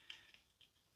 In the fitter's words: all right. So, it snaps right in.